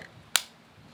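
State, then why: Seated. An Akaso Brave 6 Plus action camera is pressed into a plastic clip frame and pops into place with a single sharp, bright snap at 0.4 s, followed by a short decay into quiet. The camera is seated in the frame.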